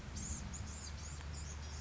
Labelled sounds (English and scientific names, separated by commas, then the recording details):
Blue-gray Gnatcatcher (Polioptila caerulea)
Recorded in Sonoma County, California